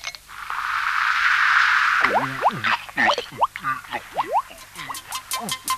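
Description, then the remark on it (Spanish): A steady fizzing hiss gives way to a quick run of loud, hollow gulps, each with a bubbly rising-and-falling gurgle, as Menenap soda is swallowed straight from a bottle. No one speaks. “tómese una Menenap. De la botella nomás, dele de la botella.”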